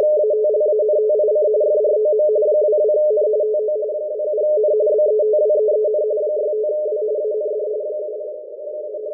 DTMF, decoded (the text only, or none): none